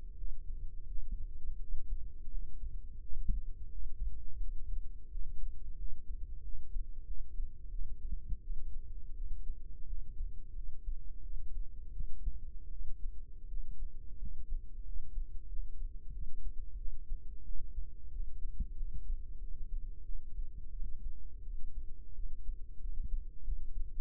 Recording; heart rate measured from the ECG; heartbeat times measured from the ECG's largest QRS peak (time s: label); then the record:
heart sounds by microphone in the right ear; 88 bpm
0.16 s: heartbeat
0.87 s: heartbeat
1.59 s: heartbeat
2.30 s: heartbeat
3.01 s: heartbeat
3.70 s: heartbeat
4.40 s: heartbeat
5.09 s: heartbeat
5.77 s: heartbeat
6.43 s: heartbeat
7.05 s: heartbeat
7.70 s: heartbeat
8.41 s: heartbeat
9.14 s: heartbeat
9.86 s: heartbeat
10.54 s: heartbeat
11.22 s: heartbeat
11.92 s: heartbeat
12.70 s: heartbeat
13.48 s: heartbeat
14.18 s: heartbeat
14.84 s: heartbeat
15.47 s: heartbeat
16.12 s: heartbeat
16.77 s: heartbeat
17.44 s: heartbeat
18.11 s: heartbeat
18.76 s: heartbeat
19.39 s: heartbeat
20.04 s: heartbeat
20.71 s: heartbeat
21.43 s: heartbeat
22.15 s: heartbeat
22.80 s: heartbeat
23.44 s: heartbeat
From the record:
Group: healthy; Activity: rest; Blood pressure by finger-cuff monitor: 97/57 mmHg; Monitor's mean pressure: 73 mmHg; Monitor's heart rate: 87 bpm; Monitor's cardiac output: 8.4 L/min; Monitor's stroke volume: 95 mL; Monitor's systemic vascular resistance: 610 dyn s/cm5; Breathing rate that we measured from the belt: 14 breaths a minute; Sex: female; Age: 22 years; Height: 161 cm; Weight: 65.5 kg